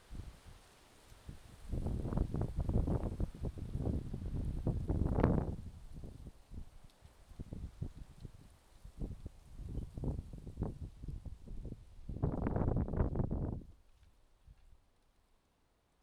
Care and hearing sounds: everyday scene through a hearing-aid microphone; wind on the microphone; wind, traffic, birds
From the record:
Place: suburban garden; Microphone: in the ear canal, left

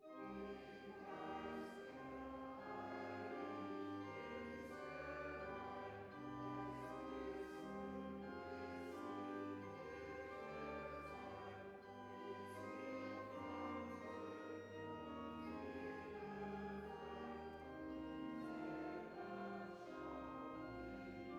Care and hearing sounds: everyday scene through a hearing-aid microphone; reverberant space; music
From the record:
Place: church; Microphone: behind the ear, left, front

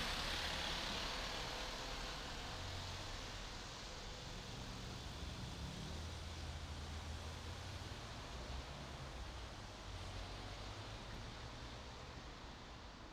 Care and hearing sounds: everyday scene through a hearing-aid microphone; in traffic; traffic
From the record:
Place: main city hub, rush hour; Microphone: in the ear canal, right

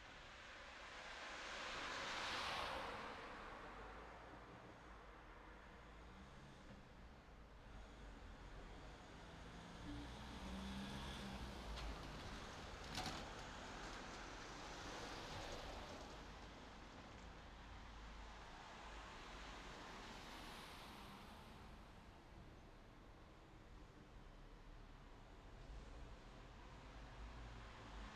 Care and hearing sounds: everyday scene through a hearing-aid microphone; in traffic; traffic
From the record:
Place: city secondary road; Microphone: in the ear canal, left

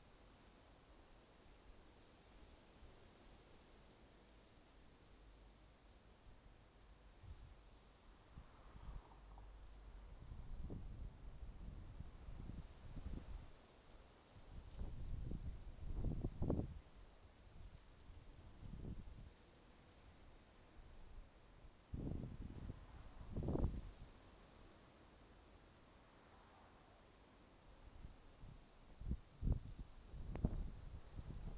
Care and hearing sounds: everyday scene through a hearing-aid microphone; wind on the microphone; wind, traffic, birds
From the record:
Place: suburban garden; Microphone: in the ear canal, right

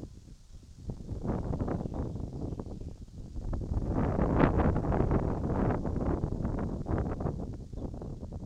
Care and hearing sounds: everyday scene through a hearing-aid microphone; wind on the microphone; squally wind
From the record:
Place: in front of a rural house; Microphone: in the ear canal, right

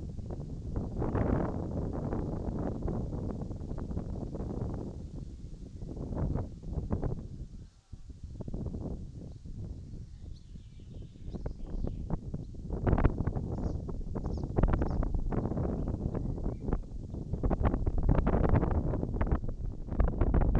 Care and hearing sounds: everyday scene through a hearing-aid microphone; wind on the microphone; wind, birds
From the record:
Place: in front of a rural house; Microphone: in the ear canal, right

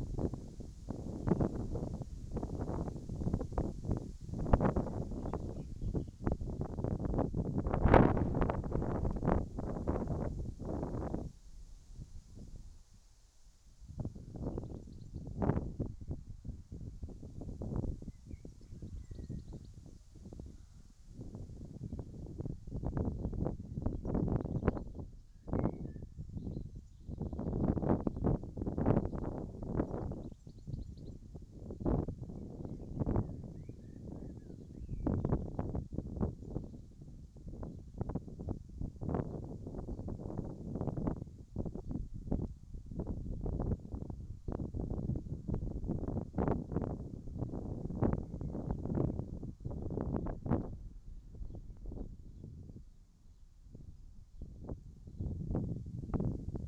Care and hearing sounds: everyday scene through a hearing-aid microphone; wind on the microphone; wind, whistling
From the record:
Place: in front of a rural house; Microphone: in the ear canal, right

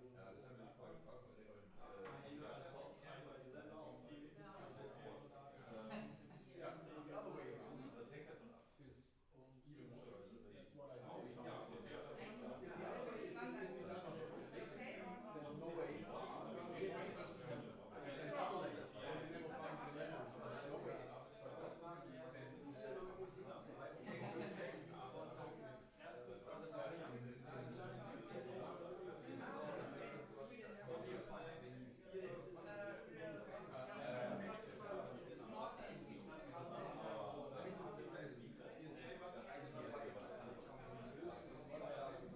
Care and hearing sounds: everyday scene through a hearing-aid microphone; many people talking; many voices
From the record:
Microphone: behind the ear, left, rear

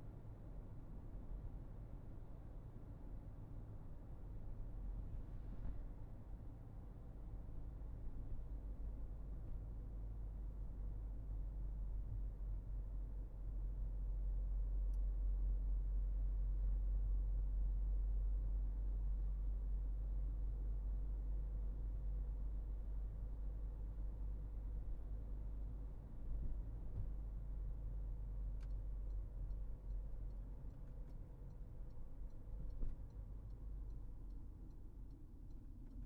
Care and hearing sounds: everyday scene through a hearing-aid microphone; in a vehicle; engine, highway driving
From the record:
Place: Berlingo II, diesel engine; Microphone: behind the ear, right, rear

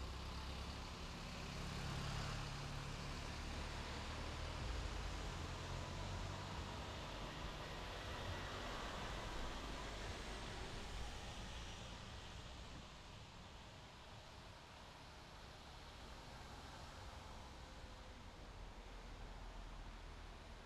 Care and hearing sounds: everyday scene through a hearing-aid microphone; in traffic; traffic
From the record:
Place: main road on the outskirts, rush hour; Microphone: in the ear canal, left

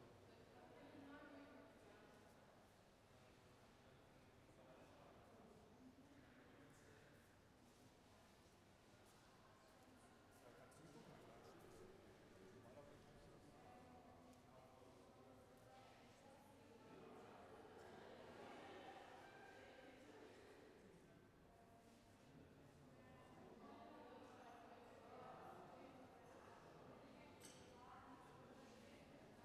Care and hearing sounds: everyday scene through a hearing-aid microphone; reverberant space; background noise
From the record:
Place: railway station hall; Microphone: behind the ear, left, front

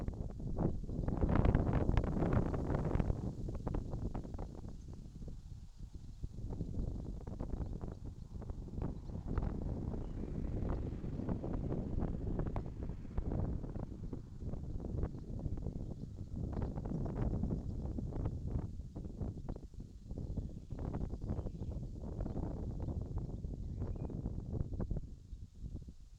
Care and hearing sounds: everyday scene through a hearing-aid microphone; wind on the microphone; wind, traffic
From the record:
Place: in front of a rural house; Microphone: in the ear canal, left

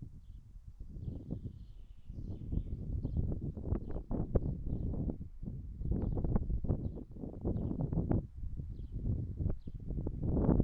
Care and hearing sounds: everyday scene through a hearing-aid microphone; wind on the microphone; wind, traffic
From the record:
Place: in front of a rural house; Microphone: behind the ear, right, front

